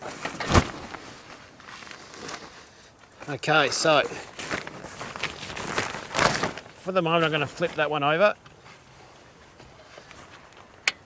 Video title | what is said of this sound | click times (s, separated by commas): How to DIY Install and Setup a CAMPING SHOWER TENT on a 4x4 Canopy! | now that little click you heard then was this arm here so if you want to close it | 10.9 s